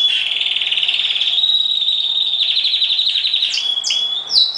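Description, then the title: Oriental magpie-robin song, one long rapid trill that rises slightly, ending with a few quick sweeping whistled notes. "Kicau Kacer Durasi Panjang 1jam Lebih"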